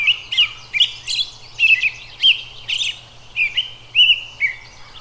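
Robin song: a lively series of squeaky, chirping notes in quick succession, with a faint hum below.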